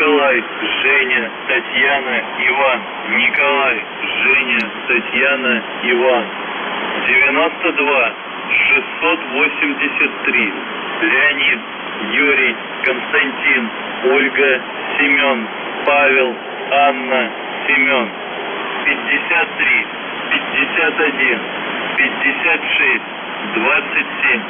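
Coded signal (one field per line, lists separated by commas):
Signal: coded military voice message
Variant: UVB-76, Russian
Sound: male Russian voice reading phonetic-alphabet names and number groups over noisy radio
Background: radio static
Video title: UVB 76/ The Buzzer Voice Message January 12, 2022 07:48 UTC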